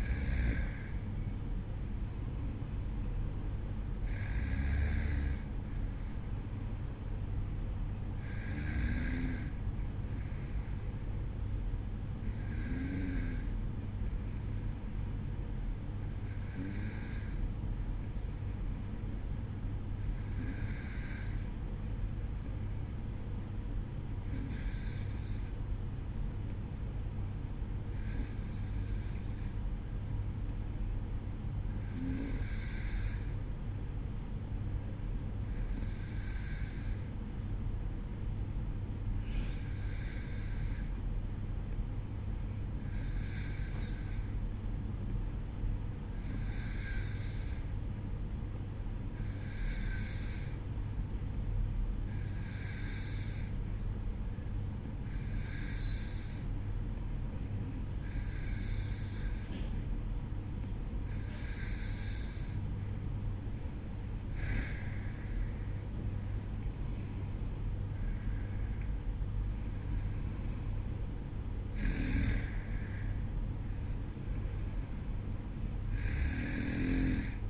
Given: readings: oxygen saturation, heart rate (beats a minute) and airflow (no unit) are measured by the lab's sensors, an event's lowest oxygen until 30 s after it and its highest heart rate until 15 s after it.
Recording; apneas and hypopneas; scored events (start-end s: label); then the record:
breathing in sleep by a smartphone at the bedside; 1
18.00-62.30 s: hypopnea (N2, oxygen 95% highest, then 91% lowest, heart rate 52 at the start, 59 highest)
57.00-77.50 s: new sleep stage, N1 (lightest sleep)
From the record:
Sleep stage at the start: N2 (light sleep); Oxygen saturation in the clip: 92 to 95%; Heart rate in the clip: 51 to 59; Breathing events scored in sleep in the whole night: 305 in 9.6 hours asleep